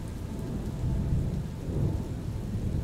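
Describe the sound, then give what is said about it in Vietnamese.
A steady roar of torrential rain lasting nearly an hour, with deep, rolling thunder rumbling low beneath it, swelling slightly in the middle and holding constant throughout, with no voices. “Sau gần một tiếng đồng hồ mưa như chút nước, cuối cùng mây đen cũng tản đi, bầu trời cũng dần quang đãng trở lại.”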